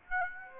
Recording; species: mosquito wingbeat signal from an infrared sensor; Aedes aegypti